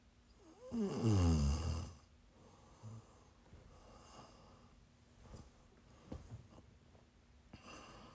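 ASMR-style snoring from an adult sleeper: one loud, low, buzzing snore with strong harmonics near the start, followed by quieter breathing and faint soft noises.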